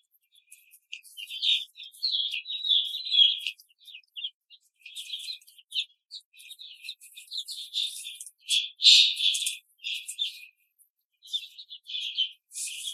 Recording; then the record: young laying hens in a cage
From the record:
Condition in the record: control cage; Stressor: none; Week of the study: 5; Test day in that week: 1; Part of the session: 1